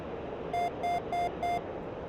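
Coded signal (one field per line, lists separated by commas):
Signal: beep code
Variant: Mirage 2000C datalink alert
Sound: four short, evenly spaced, buzzy mid-pitched beeps over a steady low rumble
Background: low engine rumble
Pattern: 4 short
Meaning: Alerts that a new target is now being tracked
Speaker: those four beeps were to alert us that we are now tracking a new target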